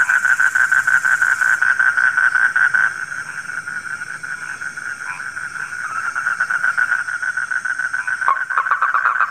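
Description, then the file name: Frog giving fast pulsed calls, louder at first, softer in the middle, then rising again, over a steady high hiss. Heard at night. "suara kodok di malam hari"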